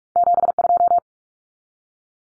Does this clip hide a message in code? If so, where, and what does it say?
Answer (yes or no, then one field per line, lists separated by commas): yes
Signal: Morse code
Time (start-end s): 0.2-1.0 s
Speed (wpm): 44 wpm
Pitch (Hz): 700 Hz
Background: none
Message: 72